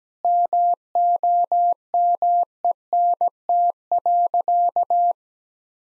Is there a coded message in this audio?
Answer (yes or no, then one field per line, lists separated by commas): yes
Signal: Morse code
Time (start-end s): 0.2-5.1 s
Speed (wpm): 17 wpm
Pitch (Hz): 700 Hz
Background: none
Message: MOMENT.